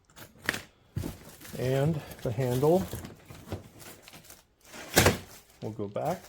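Plastic lock latches on the lock housing of a Strenforce ABS hard-shell suitcase, a large 28-inch checked model with spinner wheels and a TSA lock, are released by hand and pop open with a sharp click at 0.5 s. Someone talks before and after the click, and the latches end up open.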